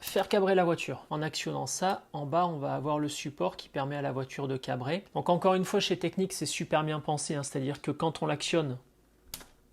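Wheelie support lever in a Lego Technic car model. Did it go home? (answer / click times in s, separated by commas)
yes / 9.3 s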